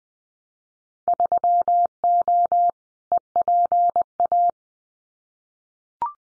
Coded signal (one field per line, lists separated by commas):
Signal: Morse code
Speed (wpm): 20 wpm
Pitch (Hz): 700 Hz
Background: none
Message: 3O EPA